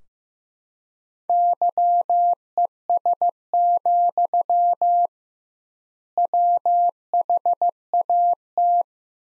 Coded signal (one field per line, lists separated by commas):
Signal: Morse code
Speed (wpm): 15 wpm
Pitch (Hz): 700 Hz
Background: none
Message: YES, WHAT